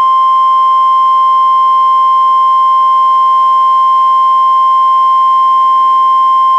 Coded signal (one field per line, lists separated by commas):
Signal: Emergency Alert System (SAME) tones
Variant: 1050 Hz attention tone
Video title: EAS #174-176: 3 NWR Required Weekly Tests- May 10-24, 2017